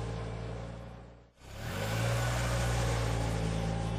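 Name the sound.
car driving off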